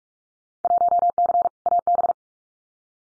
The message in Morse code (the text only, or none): 1C AB